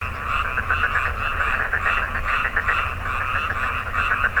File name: Rana porosa porosa